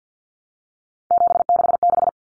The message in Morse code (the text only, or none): 766